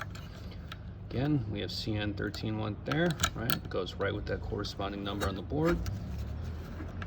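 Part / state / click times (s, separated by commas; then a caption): wire harness plug into circuit board header of a variable frequency drive / seated / 7.0 s. A plastic wiring harness plug is pushed into its matching header on a variable frequency drive circuit board during reassembly while someone talks. A sharp click is heard at 7.0 s as the connector seats and is in.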